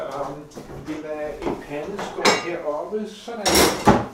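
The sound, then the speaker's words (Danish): Someone talks steadily while a metal frying pan with a Teflon non-stick coating is handled in a kitchen, with light clinks and a louder burst of clattering near the end. “Vi er jo i dit køkken, Philip. Og vi står ved den her stegepande.”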